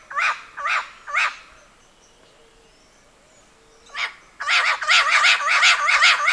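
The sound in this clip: Bird calls: three harmonic notes, a pause, a single note, then a burst of rapid repeated notes running to the end.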